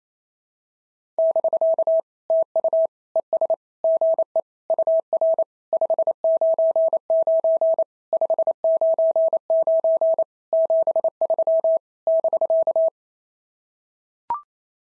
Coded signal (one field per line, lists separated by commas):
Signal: Morse code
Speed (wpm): 27 wpm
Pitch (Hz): 650 Hz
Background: none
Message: <BK> TU ES GE UR 599 599 73 <BK>